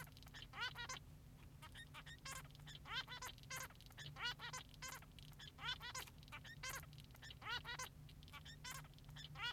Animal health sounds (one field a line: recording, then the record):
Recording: song of a male Bengalese finch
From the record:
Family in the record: son of father 3